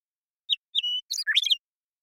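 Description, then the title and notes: Western meadowlark song: a short clear whistled note, then a held whistle, ending in a fast tumbling jumble of gurgling notes on a silent background. Song; Pacific Northwest, Washington, United States. "Western Meadowlark, Sturnella neglecta, song, contact calls, and flush, family: Troupials and Allies Pacific Northwest in Washington, United States"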